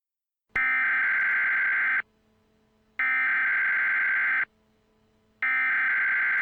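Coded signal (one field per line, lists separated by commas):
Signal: Emergency Alert System (SAME) tones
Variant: header bursts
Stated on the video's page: Simulated EAS scenario depicting a hypothetical Galveston hurricane with seawall destruction; loud alert tones.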